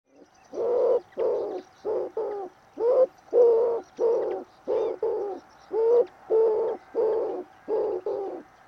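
Bird cooing in a long run of short, low, hollow notes in quick, uneven succession, some paired closely, with a clean quiet background.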